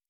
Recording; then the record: hydrophone in a shrimp aquaculture tank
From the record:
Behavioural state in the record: normal